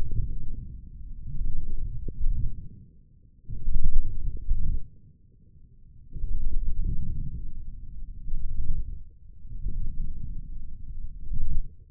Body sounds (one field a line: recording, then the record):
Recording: forearm muscle sounds (acoustic myography)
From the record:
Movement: wrist flexion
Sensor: system 1, eight BSWA MPA416 microphones around the upper forearm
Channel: 5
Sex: male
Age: 20 years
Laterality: left